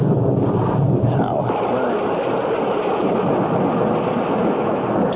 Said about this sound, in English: Only I can't see. Damn rain makes it impossible to see.